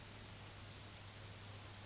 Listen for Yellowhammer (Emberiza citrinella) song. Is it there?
no